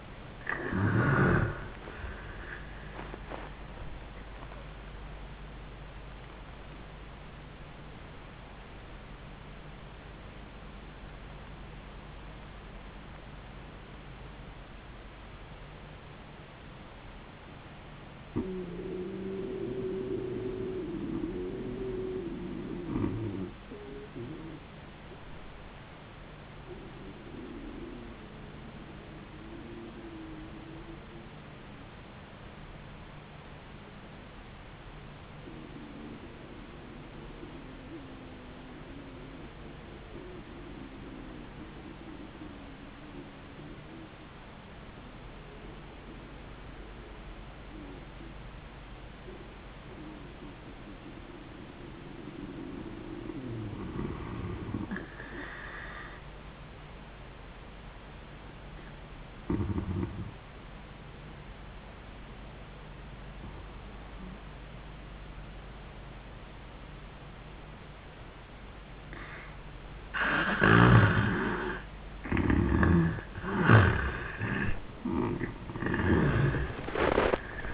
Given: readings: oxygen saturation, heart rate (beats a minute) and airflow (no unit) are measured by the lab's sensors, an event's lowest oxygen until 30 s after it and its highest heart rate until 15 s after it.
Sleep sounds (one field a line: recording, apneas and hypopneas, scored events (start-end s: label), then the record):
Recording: breathing in sleep by a voice recorder at the bedside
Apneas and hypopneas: 1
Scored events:
4.00-34.00 s: new sleep stage, N1 (lightest sleep)
14.00-54.40 s: obstructive apnea (N1, oxygen 98% highest, then 88% lowest, heart rate 81 at the start, 91 highest)
34.00-64.00 s: new sleep stage, N2 (light sleep)
64.00-77.74 s: new sleep stage, N1 (lightest sleep)
From the record:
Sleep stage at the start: N2 (light sleep)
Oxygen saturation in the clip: 77 to 98%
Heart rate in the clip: 59 to 92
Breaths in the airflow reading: 5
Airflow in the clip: -15.3 to 12.6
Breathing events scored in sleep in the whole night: 400 in 8.7 hours asleep